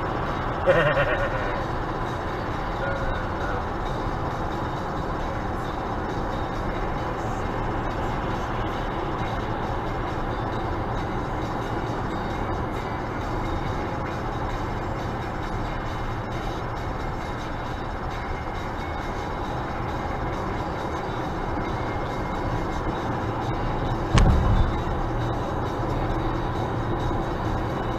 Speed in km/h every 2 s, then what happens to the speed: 98, 97, 97, 97, 98, 97, 98, 98, 98, 98, 98, 98, 97, 98.
0-28 steady at about 98.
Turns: none.